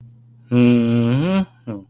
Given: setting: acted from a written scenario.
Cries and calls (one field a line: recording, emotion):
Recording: vocal sound without words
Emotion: neutral